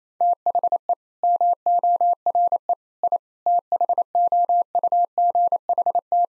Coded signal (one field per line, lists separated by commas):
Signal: Morse code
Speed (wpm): 28 wpm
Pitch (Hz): 700 Hz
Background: none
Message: THE MORE I THOUGHT